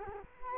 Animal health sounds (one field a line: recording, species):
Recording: mosquito wingbeat signal from an infrared sensor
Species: Culex quinquefasciatus